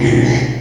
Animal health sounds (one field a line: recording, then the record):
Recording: squeal of a Yucatan mini pig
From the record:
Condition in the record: before surgery on the right vocal fold (resection and tissue-engineered implant)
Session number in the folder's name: 2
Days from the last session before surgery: 0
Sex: male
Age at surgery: 12 weeks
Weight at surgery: 13 kg